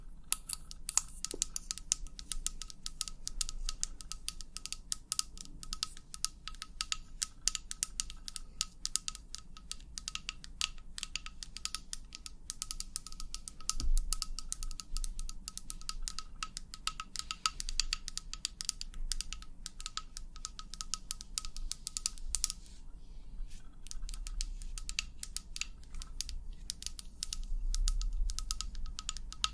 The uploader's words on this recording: ASMR 100% Tapping for the BEST Sleep & Tingles long nails, no talking.